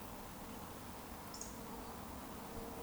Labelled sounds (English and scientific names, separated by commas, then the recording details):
Eurasian Woodcock (Scolopax rusticola) whistle
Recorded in Baden-Württemberg, Germany, on 13 June 2020 at 20:13 UTC
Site 14569, 102 m above sea level